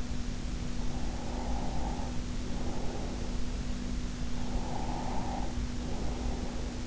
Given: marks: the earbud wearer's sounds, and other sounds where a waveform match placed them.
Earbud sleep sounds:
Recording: sounds in sleep by an in-ear microphone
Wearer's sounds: breath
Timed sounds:
0.81-3.36 s: breath
4.49-6.73 s: breath

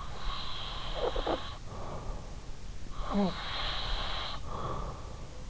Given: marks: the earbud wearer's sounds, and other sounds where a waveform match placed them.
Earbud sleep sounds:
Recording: sounds in sleep by an in-ear microphone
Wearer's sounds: breath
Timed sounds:
0.00-5.49 s: breath

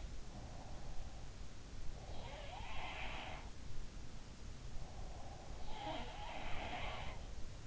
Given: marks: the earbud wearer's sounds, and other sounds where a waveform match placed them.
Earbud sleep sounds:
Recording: sounds in sleep by an in-ear microphone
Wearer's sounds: breath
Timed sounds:
0.00-1.34 s: sound from someone else or the room
0.25-2.81 s: breath
1.86-4.24 s: sound from someone else or the room
4.59-5.96 s: breath
5.54-7.67 s: sound from someone else or the room

